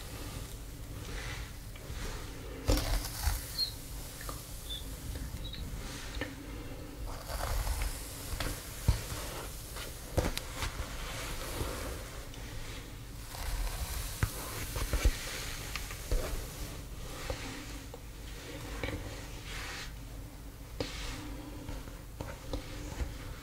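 Hair styling sounds with a steady low hum underneath, like a blow dryer running throughout. Over it come frequent soft brushing strokes and crackly rustles, irregular and busy, with sharper clicks and swishes around 3, 9, 10 and 15 seconds.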